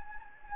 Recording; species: mosquito wingbeat signal from an infrared sensor; Anopheles gambiae